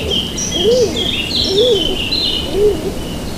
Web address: Madardalok Cd 1. Kék galamb